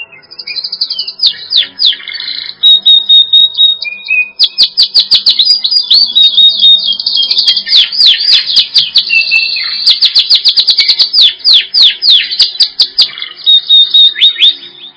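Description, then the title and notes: Bird song of rapid high chirps, sweeping whistled notes and trills, delivered in dense continuous bursts with brief pauses; no other sounds stand out. Bird song from Indonesia. "Kicau Burung Indonesia"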